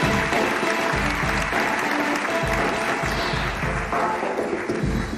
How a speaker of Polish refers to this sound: Prosimy o brawa.